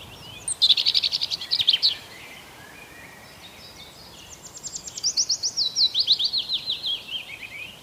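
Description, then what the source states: Birds singing, a twittering burst, a pause, then a long rapid series of high repeated notes over background hiss. Birds singing on an early spring morning.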